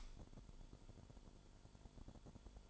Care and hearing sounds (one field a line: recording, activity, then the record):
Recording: daily activity, microphone in the room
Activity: light on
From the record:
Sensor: 5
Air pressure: 1008.0 hPa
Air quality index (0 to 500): 104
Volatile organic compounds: 1 ppm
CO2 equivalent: 807 ppm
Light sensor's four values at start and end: 36/83/34/35 and 36/84/35/35